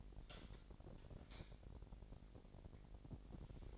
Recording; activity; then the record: daily activity, microphone in the room; light on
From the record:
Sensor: 5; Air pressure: 1012.0 hPa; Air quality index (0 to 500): 248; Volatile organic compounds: 5 ppm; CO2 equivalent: 1714 ppm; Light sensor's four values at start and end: 41/96/40/42 and 43/102/42/45